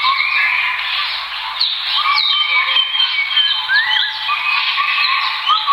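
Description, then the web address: Birds in a busy chorus, with overlapping whistles, quick upward slurs and chirps layered continuously. "birds asiatori"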